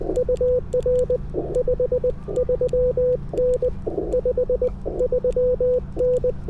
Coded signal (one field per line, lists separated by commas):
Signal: Morse code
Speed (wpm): 20 wpm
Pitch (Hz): 500 Hz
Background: radio noise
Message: UR 53N 53N